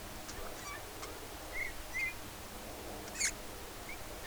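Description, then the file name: Eurasian bullfinch giving two soft, mellow piping whistles close together, followed by a sharper burst, all over low background noise. "Pyrrhula pyrrhula"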